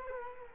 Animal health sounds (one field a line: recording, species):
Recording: mosquito wingbeat signal from an infrared sensor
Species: Culex quinquefasciatus